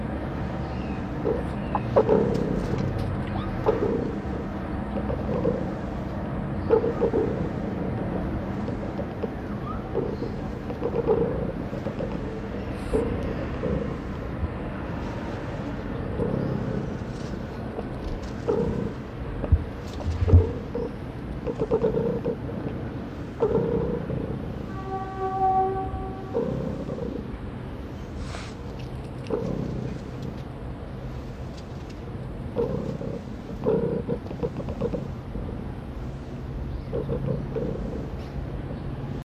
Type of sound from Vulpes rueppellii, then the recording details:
growling. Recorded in captivity. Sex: female. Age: adult. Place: Zoo Halle, Sachsen-Anhalt, DE. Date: 1977-10-13 12:30. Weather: sunny, ca. 18°C. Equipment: Nagra SN, Kopie Uher 4000 Report Monitor. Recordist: Tembrock, Günter